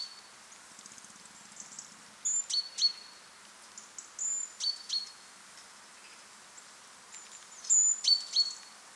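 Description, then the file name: Great tit uttering clusters of sharp high notes and brief level whistles, quiet spells between bursts, light background hiss throughout. "Parus major"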